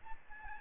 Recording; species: mosquito wingbeat signal from an infrared sensor; Aedes albopictus